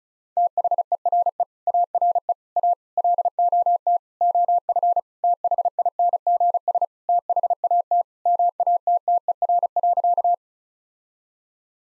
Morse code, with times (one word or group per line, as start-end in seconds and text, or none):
0.4-1.4 THERE
1.7-2.3 ARE
2.6-2.7 A
3.0-4.0 LOT
4.2-5.0 OF
5.2-6.8 THINGS
7.1-8.0 THAT
8.3-10.3 MATTER.